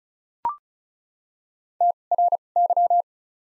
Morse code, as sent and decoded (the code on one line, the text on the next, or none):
- / .-. / -.--
T R Y